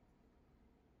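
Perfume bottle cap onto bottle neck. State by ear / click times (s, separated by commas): not seated / none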